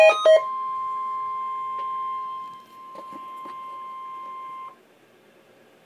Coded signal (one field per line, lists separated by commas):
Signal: Emergency Alert System (SAME) tones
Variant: 1050 Hz attention tone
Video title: REAL EAS 917,918-Required weekly test